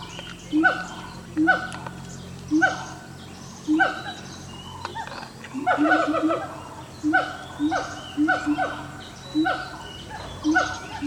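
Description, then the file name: Siamang calls: short harmonic barking hoots, some ending in falling sweeps, come in uneven bursts about once a second and grow busier midway, over a steady low hum. "symphalangus syndactylus"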